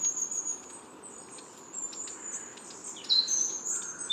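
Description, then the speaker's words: Blue tits and great tits giving thin, high contact notes and brief chips, scattered across the flock. Mixed foraging flock of blue tits and great tits, Bois de Vincennes, Paris, weekday autumn morning. "Là, je suis en présence d'une belle ronde. C'est des mésanges bleues, mésanges charbonnières."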